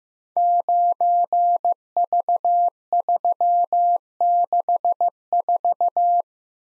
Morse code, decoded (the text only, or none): 9V364